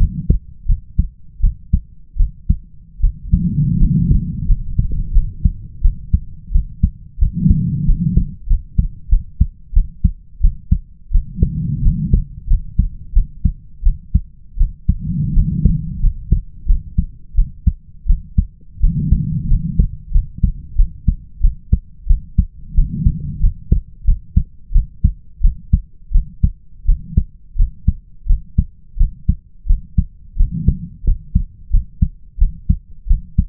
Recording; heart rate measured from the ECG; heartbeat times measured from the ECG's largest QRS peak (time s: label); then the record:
heart sounds by stethoscope; 87 bpm
0.66 s: heartbeat
1.41 s: heartbeat
2.17 s: heartbeat
3.01 s: heartbeat
3.78 s: heartbeat
4.46 s: heartbeat
5.12 s: heartbeat
5.82 s: heartbeat
6.52 s: heartbeat
7.19 s: heartbeat
7.86 s: heartbeat
8.47 s: heartbeat
9.09 s: heartbeat
9.74 s: heartbeat
10.41 s: heartbeat
11.12 s: heartbeat
11.82 s: heartbeat
12.48 s: heartbeat
13.13 s: heartbeat
13.83 s: heartbeat
14.58 s: heartbeat
15.34 s: heartbeat
16.00 s: heartbeat
16.66 s: heartbeat
17.35 s: heartbeat
18.07 s: heartbeat
18.80 s: heartbeat
19.48 s: heartbeat
20.12 s: heartbeat
20.76 s: heartbeat
21.41 s: heartbeat
22.07 s: heartbeat
22.75 s: heartbeat
23.40 s: heartbeat
24.05 s: heartbeat
24.72 s: heartbeat
25.41 s: heartbeat
26.12 s: heartbeat
26.86 s: heartbeat
27.56 s: heartbeat
28.27 s: heartbeat
28.97 s: heartbeat
29.67 s: heartbeat
30.37 s: heartbeat
31.04 s: heartbeat
31.71 s: heartbeat
32.38 s: heartbeat
33.07 s: heartbeat
From the record:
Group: healthy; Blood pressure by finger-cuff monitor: 100/57 mmHg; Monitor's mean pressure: 70 mmHg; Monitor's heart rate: 87 bpm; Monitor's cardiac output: 7.6 L/min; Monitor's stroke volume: 87 mL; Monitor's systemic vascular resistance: 670 dyn s/cm5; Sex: female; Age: 22 years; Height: 157 cm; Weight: 47.6 kg